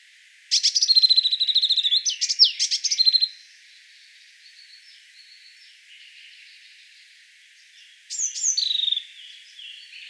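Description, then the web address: Bird giving a loud rapid buzzy trill with sharp notes, then after a pause a single falling whistled phrase. "ornitologiya slovar Ptichki"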